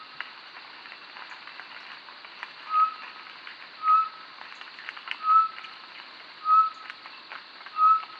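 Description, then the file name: Short-tailed batis whistles begin after a few seconds, five short even notes, with scattered clicks in the background. "Batis mixta"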